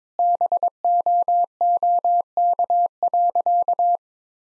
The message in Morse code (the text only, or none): BOOK.